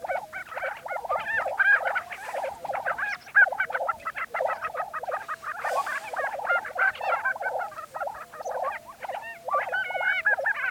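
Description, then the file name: Lesser prairie chickens giving a dense chorus of rapid clucking and gobbling notes, several birds overlapping with high yelping squeaks throughout. Recorded 20 April 2013. "2013-04-20 Lesser Prairie Chicken"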